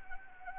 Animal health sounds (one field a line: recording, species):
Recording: mosquito wingbeat signal from an infrared sensor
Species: Anopheles gambiae